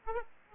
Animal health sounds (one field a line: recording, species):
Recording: mosquito wingbeat signal from an infrared sensor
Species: Aedes aegypti